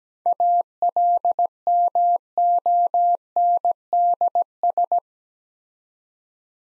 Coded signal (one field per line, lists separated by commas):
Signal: Morse code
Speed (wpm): 17 wpm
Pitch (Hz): 700 Hz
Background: none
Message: ALMONDS